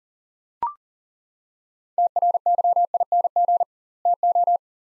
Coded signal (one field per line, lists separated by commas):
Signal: Morse code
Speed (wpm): 40 wpm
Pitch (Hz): 700 Hz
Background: none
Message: TRYING TO